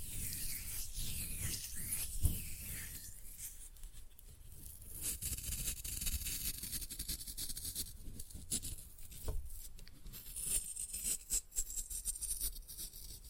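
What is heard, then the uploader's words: Floral foam crushed by hand gives dense, continuous crackling and crumbling, with brief sharp snaps near two and nine seconds and lighter ticking after. Floral Foam Glitter Bomb Crushing.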